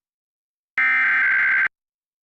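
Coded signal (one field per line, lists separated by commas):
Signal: Emergency Alert System (SAME) tones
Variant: header bursts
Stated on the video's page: Required Monthly Test relayed on Optimum/Suddenlink cable.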